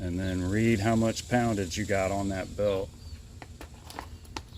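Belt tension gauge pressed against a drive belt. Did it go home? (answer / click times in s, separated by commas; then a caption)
yes / 4.4 s. A pocket belt tension gauge is pushed with its plunger against the middle of the longest span of a drive belt to check how many pounds of tension the belt has. Someone talks for the first three seconds, then a few small ticks and taps follow, with the gauge's sharp click at 4.4 seconds marking the point where the tension reading is taken.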